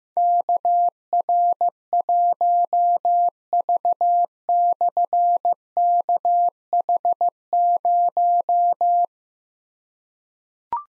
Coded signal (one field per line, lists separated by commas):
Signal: Morse code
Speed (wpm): 15 wpm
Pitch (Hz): 700 Hz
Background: none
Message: KR1V/KH0